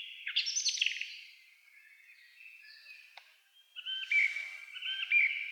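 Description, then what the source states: Song thrush song: a loud, varied phrase, a quieter twittering stretch with a single click, then clear repeated whistled notes. Recorded 28 April 2010 with a DAT recorder.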